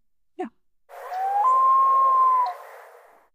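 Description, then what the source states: Common Loon wail, a single long pure note that rises slightly and then holds steady for about a second before fading, after a brief sound. Common loon in Ontario, Canada.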